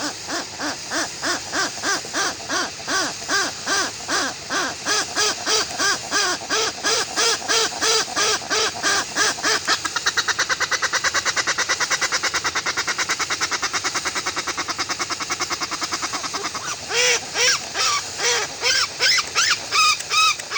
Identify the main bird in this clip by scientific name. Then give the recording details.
Procellaria westlandica. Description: Westland petrel/tāiko song. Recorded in New Zealand